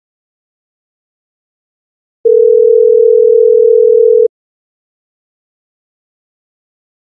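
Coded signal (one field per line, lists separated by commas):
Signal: telephone call progress tone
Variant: North America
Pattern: ringback tone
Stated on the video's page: American standard ringing tone per North American Precise Tone Plan: 440 and 480 Hz simultaneously, cadence 2.0 s on, 4.0 s off, 30 seconds long.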